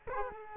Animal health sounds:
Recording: mosquito wingbeat signal from an infrared sensor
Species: Culex quinquefasciatus

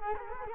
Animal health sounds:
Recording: mosquito wingbeat signal from an infrared sensor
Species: Culex quinquefasciatus

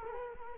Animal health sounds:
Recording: mosquito wingbeat signal from an infrared sensor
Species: Culex quinquefasciatus

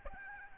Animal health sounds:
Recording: mosquito wingbeat signal from an infrared sensor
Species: Aedes albopictus

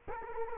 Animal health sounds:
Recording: mosquito wingbeat signal from an infrared sensor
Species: Culex quinquefasciatus

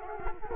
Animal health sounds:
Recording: mosquito wingbeat signal from an infrared sensor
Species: Culex quinquefasciatus

